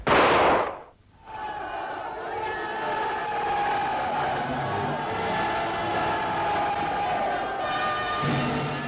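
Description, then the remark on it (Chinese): A loud burst of noise opens, breaks off for a moment, then a large crowd of guerrilla fighters cheers and shouts continuously in celebration of a battle victory, a steady roar with sustained ringing tones running underneath. “在庆祝战斗胜利的欢呼声中，游击队又要奔赴新的战斗岗位。”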